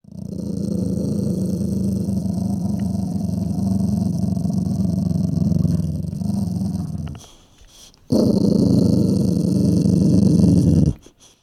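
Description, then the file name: Dog snarling, a continuous rough low growl for about seven seconds, a short pause, then another harsh snarl lasting nearly three seconds. Dog snarling at close range. "Digiffects Sound Effects Library - Close Dog Snarls"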